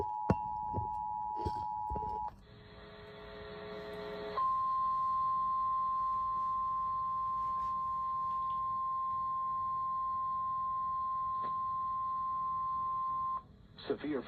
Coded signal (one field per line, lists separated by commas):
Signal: Emergency Alert System (SAME) tones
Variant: 853 and 960 Hz attention tone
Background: speech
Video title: (EAS #2,428 - #2,444) WHEN WNG549 BREAKS - EAS Alerts from 7/10/25